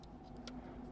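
An SD memory card is pushed into the card tray of a Sony ZV-E10 II camera until it latches, since it must go in until it clicks. Over a steady low hum, a faint tick comes at 0.0 s and a sharp, brighter click at 0.5 s as the card seats in the tray.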